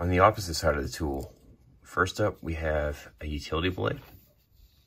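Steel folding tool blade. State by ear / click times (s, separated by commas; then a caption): not seated / none. Someone talks while handling the utility blade on a steel Ratnik 6E6 multitool in cold camo, getting ready to swing it into its locked open position in the handle. The clip is mostly speech and ends before the blade locks, so nothing has seated or clicked yet.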